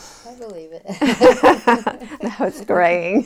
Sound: they laugh

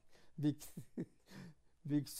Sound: chuckles

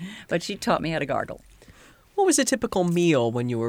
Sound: none

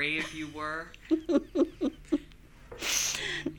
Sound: she laughs

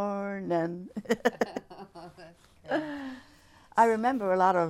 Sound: both laugh

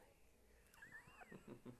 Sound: laughs

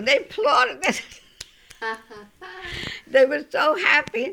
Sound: they laugh

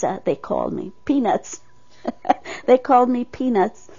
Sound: she laughs

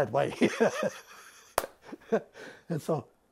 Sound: laughs

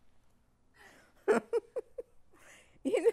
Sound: laughs

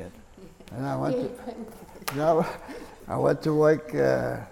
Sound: chuckles

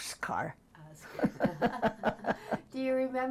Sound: laughs

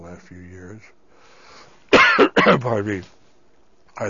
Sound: he coughs

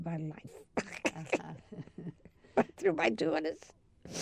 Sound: laughs

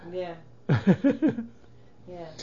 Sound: he laughs

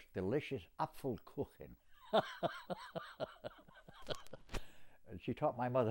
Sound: laughs

